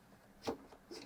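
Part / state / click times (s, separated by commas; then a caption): embroidery hoop into embroidery unit arm of sewing machine / not seated / none. An embroidery hoop is slid into the opening of the embroidery unit arm of a Pfaff sewing machine and pushed. A short sliding knock stands out around 0.5 seconds, followed by softer handling noise near the end. Nothing has seated or clicked yet.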